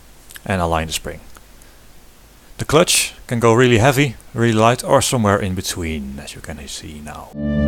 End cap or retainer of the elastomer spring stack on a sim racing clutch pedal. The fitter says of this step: back go the spacers then the final part and it clicks into place again